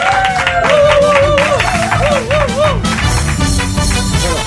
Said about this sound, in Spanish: ¡Fuerte aplauso!